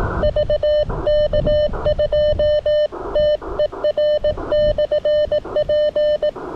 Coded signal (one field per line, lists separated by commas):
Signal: Morse code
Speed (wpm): 18 wpm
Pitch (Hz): 590 Hz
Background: none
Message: VK2TER/P